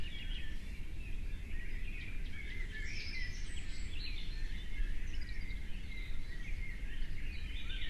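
Birds chattering with many brief high chirps and trills overlapping, set against constant low-pitched background noise.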